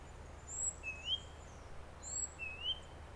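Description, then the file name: Great tit making two rising whistled notes about one and a half seconds apart against faint background hiss. "Parus major"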